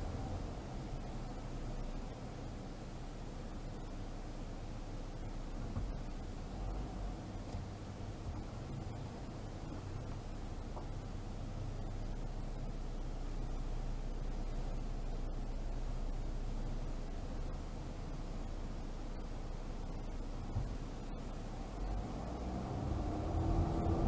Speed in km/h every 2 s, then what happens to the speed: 5, 5, 5, 5, 5, 5, 5, 5, 5, 5, 5, 5.
0-24 steady at about 5.